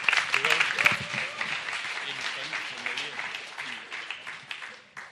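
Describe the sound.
An audience at a church service applauds a person who comes up to give the announcements. The clapping is a dense, steady patter of many hands that holds for several seconds and then thins out near the end, with some voices faintly audible beneath the applause.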